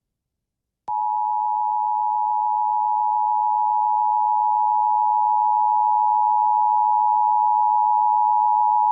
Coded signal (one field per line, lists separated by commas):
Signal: Emergency Alert System (SAME) tones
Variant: 853 and 960 Hz attention tone